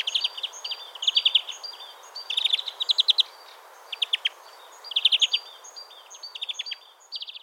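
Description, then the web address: European greenfinch chattering in short rattled bursts of chirps, with fainter notes in between. "SETE Chloris chloris"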